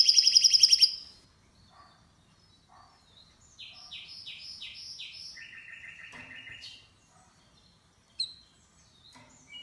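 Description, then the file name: Canary song beginning with a loud rapid trill, followed by quiet gaps, a series of slow pulsed notes, a lower rolling trill, and a brief sharp chirp. "Canary Voice"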